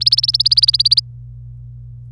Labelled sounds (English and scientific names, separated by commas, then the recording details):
Domestic Canary (Serinus canaria) song
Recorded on 26 April 2018 at 12:18
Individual llb3